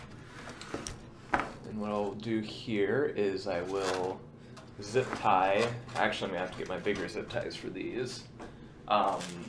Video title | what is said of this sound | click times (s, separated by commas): Building Another PC | a little bit of force to get it connected but it will click and lock into place and | 1.3 s